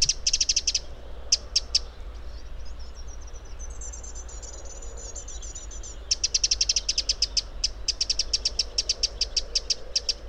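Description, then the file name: Eurasian wren giving dry, rapid ticking call series, bursts of hard clicks with a brief thin high trill between them, over low steady rumble. "Troglodytes troglodytes"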